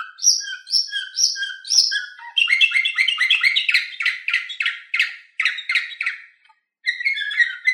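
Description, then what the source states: Canary song: varied phrases of repeated high chirps, then rapid buzzy trills in quick successive rolls, with a brief pause near the end. Orpheus V3 canary recording.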